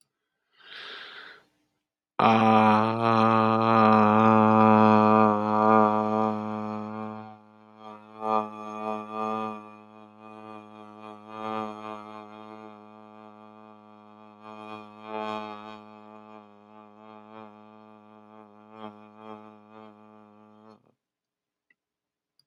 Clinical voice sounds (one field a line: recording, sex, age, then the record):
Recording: vowel held as long as possible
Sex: male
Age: 50 to 59 years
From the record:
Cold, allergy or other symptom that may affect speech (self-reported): no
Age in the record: 57 years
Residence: Michigan, United States